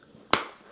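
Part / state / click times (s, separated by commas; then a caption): strap button on a drone backpack / seated / 0.3 s. A plastic strap button on a Cynova backpack for DJI Mavic 3 Series drones is pressed home. It makes one sharp, bright click at 0.3 s that rings out briefly over a quiet background. The button is seated.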